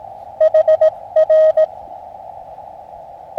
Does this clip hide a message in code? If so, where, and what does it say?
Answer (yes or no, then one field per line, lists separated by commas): yes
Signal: Morse code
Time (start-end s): 0.4-1.6 s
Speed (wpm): 19 wpm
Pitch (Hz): 630 Hz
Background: none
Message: HR